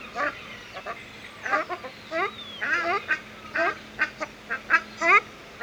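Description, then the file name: Ruddy shelduck giving nasal, honking calls in short irregular bursts, some notes doubled, with quieter overlapping calls and a faint steady hum beneath. Recorded at a zoo. "Artis, casarca - Sound Cloud - Beeld en Geluid"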